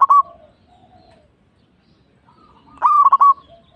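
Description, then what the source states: Zebra dove song: end of one cooing phrase, a pause with faint soft notes, then a full stuttered phrase of quick pulsed coos. Local (lokal) bird.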